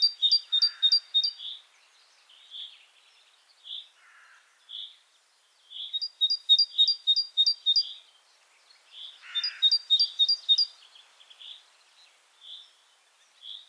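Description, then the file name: Great tit sings in repeated bursts of quick high double notes, separated by scattered single chirps and a few lower, harsher notes. "Parus major"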